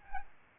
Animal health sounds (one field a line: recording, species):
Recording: mosquito wingbeat signal from an infrared sensor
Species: Aedes albopictus